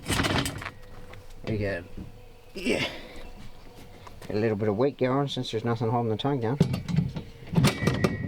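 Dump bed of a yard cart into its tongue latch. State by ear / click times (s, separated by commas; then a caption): seated / 8.0 s. The tilting dump bed of a yard cart trailer is lowered back down and pushed onto its tongue while someone talks. A short, sharp hit at 8.0 s is heard as the latch locks the bed in place, seated.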